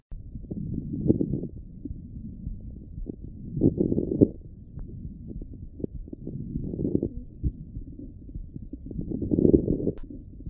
Crackles. There's either fluid in the lungs or there's some process that's caused either inflammation or scar in the lungs they're a sign of potentially a serious lung problem.